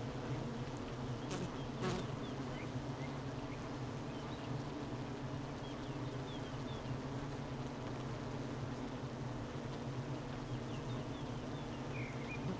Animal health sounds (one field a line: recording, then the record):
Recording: honeybee colony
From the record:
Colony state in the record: missing queen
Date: 31 May 2018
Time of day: 12:16